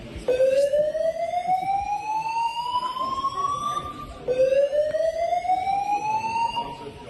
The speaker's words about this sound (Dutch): Maar ja, zelfs tijdens dat gesprek, ondanks dat de toon wel echt goed was in het gesprek, maakten een aantal mensen toch statements, liepen er mensen weg en ging uiteindelijk zelfs het brandalarm af.